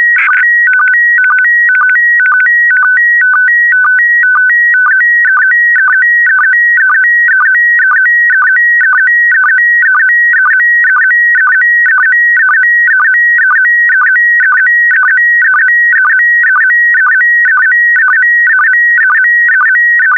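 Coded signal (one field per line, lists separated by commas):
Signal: SSTV (slow-scan television)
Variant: PD120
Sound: steady warbling tones alternating high and mid pitch, with short low blips twice a second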